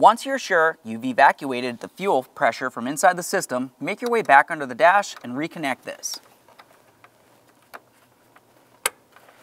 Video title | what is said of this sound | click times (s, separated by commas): How to Replace Fuel Injector Gaskets 2010-2013 Ford Transit Connect | listen for a click give that a tug to make sure it's secured continue on with your trim piece | 8.9 s